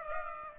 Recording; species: mosquito wingbeat signal from an infrared sensor; Aedes aegypti